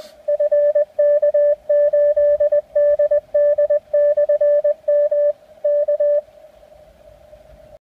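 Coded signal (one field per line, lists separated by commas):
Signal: Morse code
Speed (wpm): 19 wpm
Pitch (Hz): 590 Hz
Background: radio noise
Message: FK8DD/M K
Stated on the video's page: CW contact with a mobile DX station on 28009 and 24905 kHz, Yaesu FT-857DS, 10 W, Diamond HF10CL center-loaded mobile whip.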